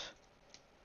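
Plastic panel sections of a Transformers Studio Series Bumblebee Movie Deluxe Class Bumblebee (VW Bug) figure are compressed together during transformation, with a brief broadband rustle fading at the start and a single light tick at 0.5 s. The panels are pressed into their best fit but end up only partly seated, not fully.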